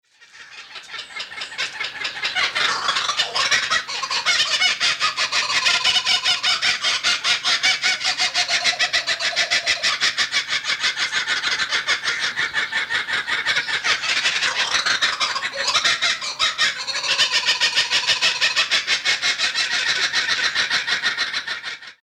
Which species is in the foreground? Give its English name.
Laughing Kookaburra